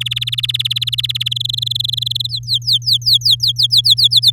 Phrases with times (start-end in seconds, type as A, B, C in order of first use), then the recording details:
0.00-1.28 A, 1.31-2.27 B, 2.29-4.08 C, 4.11-4.31 D. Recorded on 9 May 2018 at 11:50. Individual llb16